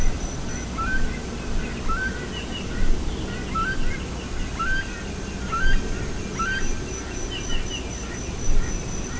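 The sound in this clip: Bird calling with short rising notes about once a second, above a rumbling low-frequency background.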